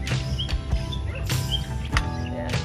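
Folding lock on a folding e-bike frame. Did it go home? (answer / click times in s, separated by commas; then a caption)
yes / 2.0 s. The folding lock on a folding e-bike frame is engaged, with a few soft knocks before a sharp click at 2.0 s as it locks into place. Faint chirping and a steady background hum continue throughout. The lock is confirmed seated, clicking once it is locked.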